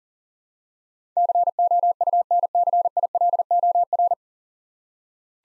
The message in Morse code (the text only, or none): COUNCILOR